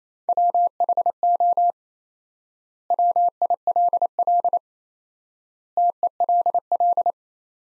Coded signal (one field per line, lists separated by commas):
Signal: Morse code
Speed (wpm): 28 wpm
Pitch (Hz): 700 Hz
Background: none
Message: WHO WILL TELL